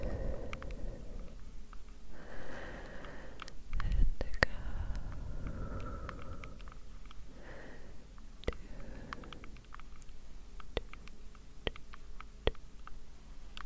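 Close, soft breathing swells in slow waves, with airy breaths around two to three seconds and again near six to eight seconds. Light, crisp taps land irregularly throughout, clustering around four seconds and recurring toward the end over a quiet, low hush.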